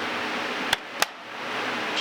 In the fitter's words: until we hear a click just